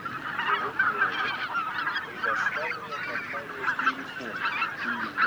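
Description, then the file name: Greater white-fronted goose: greater white-fronted geese in a steady clamour of many overlapping yelping honks, with lower gabbling notes mixed through the continuous chatter. Flock chatter ('bazaar') of greater white-fronted geese, for an electronic hunting caller. "Белолобый базар"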